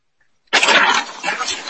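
After half a second of silence, a sudden hissing burst of air erupts, loud at first, then easing into a softer, ragged tail. It is the abrupt, explosive sneeze of a pet cat in the background, heard over an online meeting connection.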